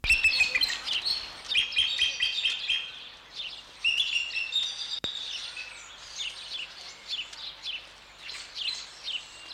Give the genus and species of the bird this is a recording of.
Haliaeetus leucocephalus